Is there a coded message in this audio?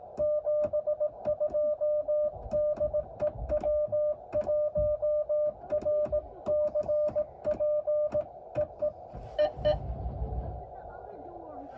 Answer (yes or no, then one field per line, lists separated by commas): yes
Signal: Morse code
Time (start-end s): 0.2-9.7 s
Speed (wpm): 18 wpm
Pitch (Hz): 600 Hz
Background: speech, music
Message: 72 DE W1RCP EE EE